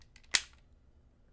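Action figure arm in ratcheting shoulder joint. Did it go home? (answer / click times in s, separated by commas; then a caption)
yes / 0.4 s. The arm of a slightly dusty plastic transforming action figure is lifted at its ratcheting shoulder joint, which lets the big, heavy arm stay up. After a few faint ticks, a single sharp plastic click rings out at 0.4 s as the joint catches. The arm clicks into place and is held up.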